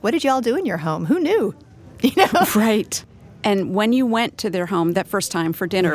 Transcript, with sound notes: Like, “What did you all do in your home? Who knew?” (Laughing)
Right. When you went to their home that first time for dinner,